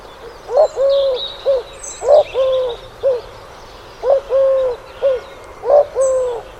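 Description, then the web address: Bird calls: a repeated phrase of hooting notes, a short note, a longer flat one, then another short one, with faint high chirping behind. "Deverinetal 2025 File origin Bird Only"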